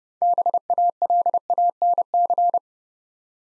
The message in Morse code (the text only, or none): BALANC